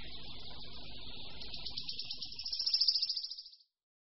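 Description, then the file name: Wood warbler song, a single high trill that accelerates and grows louder into a shivering rattle before stopping abruptly, with low rumble early on. "Budníček-lesní"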